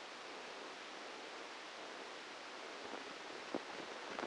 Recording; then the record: brain microelectrode recording played as sound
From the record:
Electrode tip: outside the subthalamic nucleus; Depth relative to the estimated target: 3 mm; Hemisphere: left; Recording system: NeuroSet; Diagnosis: Parkinson's disease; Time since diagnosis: 13 years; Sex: male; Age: 63 years